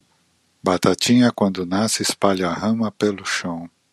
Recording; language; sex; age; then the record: short text; Brazilian Portuguese; male; 50 to 59 years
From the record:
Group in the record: control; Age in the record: 58 years